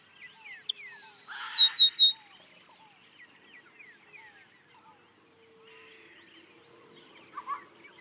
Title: LuckyPassaro Completos2Sama. Grassland Sparrow (Ammodramus humeralis)